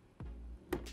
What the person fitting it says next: you hear that click into place just like that